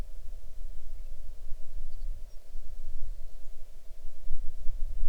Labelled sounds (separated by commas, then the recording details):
songbird
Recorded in the Arctic National Wildlife Refuge, Alaska, on 6 July 2019 at 00:55
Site 39